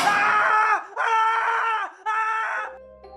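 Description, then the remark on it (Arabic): A man lets out three loud, strained screams in quick succession as he enters a sealed-off generator room through a hole broken in its door, carrying a flashlight; each scream lasts under a second and holds a high, harsh pitch before cutting off into a faint low hum. “أول ما دخل سمعناه بيصرخ.”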